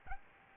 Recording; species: mosquito wingbeat signal from an infrared sensor; Aedes albopictus